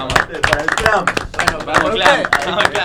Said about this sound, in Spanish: Un aplauso, chicos.